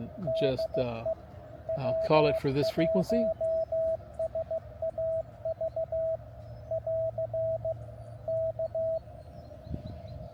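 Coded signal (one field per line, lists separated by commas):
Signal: Morse code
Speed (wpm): 16 wpm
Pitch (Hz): 650 Hz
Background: speech, radio noise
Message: DE W1SAV <AR> K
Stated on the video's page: CW park activation on 15, 10, 12, 17 and 20 m; noise floor S1-2, most contacts weak.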